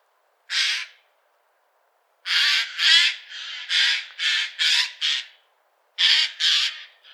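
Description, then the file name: Eurasian jay screeching: one harsh rasp, then a rapid series of grating, noisy calls with short gaps, then a pair of screeches and a brief faint call at the end. "Garrulus glandarius"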